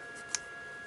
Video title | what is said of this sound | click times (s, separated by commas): couture facile d'un mini sac à dos zippé et matelassé porte clé cours couture complet patron gratuit | on va d'éclipsé ensuite et vous avez dû entendre le petit clip et | 0.3 s